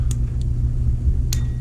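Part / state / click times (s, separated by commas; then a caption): bipod leg extension into its detent stop / seated / 0.1 s, 0.4 s, 1.3 s. Metal bipod legs are extended into their detent positions over a steady low rumble, with sharp clicks at 0.1 s, 0.4 s and 1.3 s. The legs click firmly into place and are locked in with minimal jiggle.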